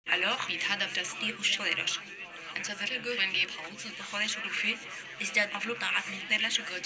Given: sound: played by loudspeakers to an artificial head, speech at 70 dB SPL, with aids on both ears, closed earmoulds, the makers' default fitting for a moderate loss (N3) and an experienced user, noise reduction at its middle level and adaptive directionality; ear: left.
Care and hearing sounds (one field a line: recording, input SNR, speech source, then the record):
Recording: speech test signal (ISTS) in cocktail-party noise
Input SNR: +6 dB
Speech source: in front (0 degrees)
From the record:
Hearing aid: class 2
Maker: G